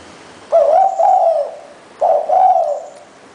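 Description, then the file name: Spotted dove calls two throaty coos, each a short note running into a longer croon. "นกเขาใหญ่"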